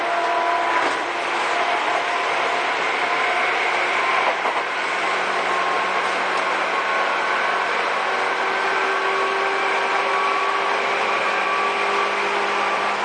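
A Seibu old 2000 series train on the Seibu-Shinjuku to Hon-Kawagoe line runs with a steady, dense rumble and hiss. Several thin motor whines hold or slowly shift in pitch throughout, and brief clunks sound near one and four seconds.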